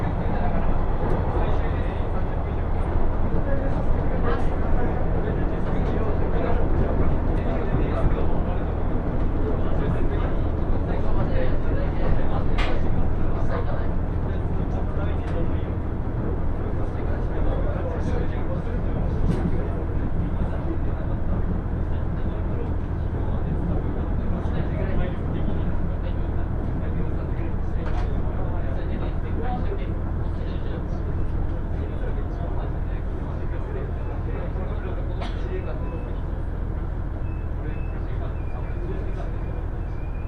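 A two-car KiHa 110 diesel train runs on the line from Morioka toward Obuke, giving a steady, dense low rumble and engine drone at an even level throughout. Faint voices sit under it, with occasional short clicks near 5, 13, 19 and 35 seconds.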